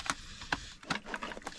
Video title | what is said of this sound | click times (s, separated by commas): OG Arrma Big Rock Motor Mount FIXED | to get the gear to mesh here we go clicked right in I'll hook up the wires after | 0.5 s